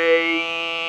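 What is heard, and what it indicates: Steady, flat-pitched buzzing drone with a rich, reedy tone: a handheld, battery-driven Servox electrolarynx, held against the neck near the Adam's apple and switched on, with no words formed.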